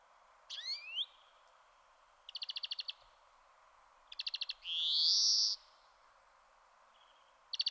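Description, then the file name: European greenfinch song: a swooping note, dry rattling trills, and a long buzzy rising wheeze, then another rattle. "Chloris chloris"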